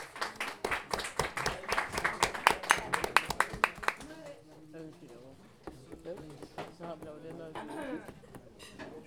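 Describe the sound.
Audience applause for a stand-up comedy act at El Chancho Seis: a dense burst of many hands clapping, loud and rapid for about four seconds, then thinning out as voices begin talking over the last scattered claps.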